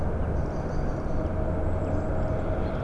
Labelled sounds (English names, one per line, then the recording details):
Common Chaffinch
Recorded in Germany
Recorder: ecoPi